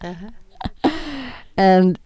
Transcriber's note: she laughs